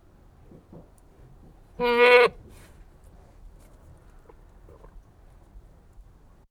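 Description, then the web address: Goat bleat: a single short, nasal, harmonic bleat lasting about half a second, surrounded by quiet background rustle. One Anglo-Nubian goat bleating. "BBC Sound Effects Library BBC 34-Livestock 1 One Anglo-Nubian Goat Bleating"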